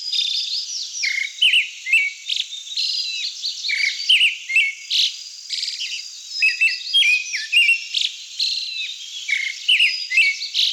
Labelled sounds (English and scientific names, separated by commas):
Pale Thrush (Turdus pallidus) song